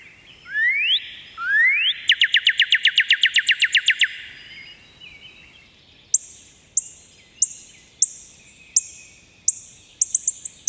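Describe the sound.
Northern cardinal song: two rising whistled slurs, then a fast run of short notes, later followed by several sharp high ticks.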